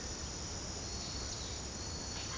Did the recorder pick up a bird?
no